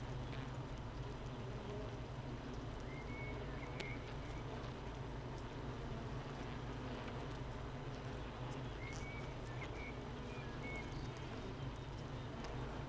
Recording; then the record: honeybee colony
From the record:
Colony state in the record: missing queen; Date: 31 May 2018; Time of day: 7:58